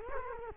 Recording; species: mosquito wingbeat signal from an infrared sensor; Culex quinquefasciatus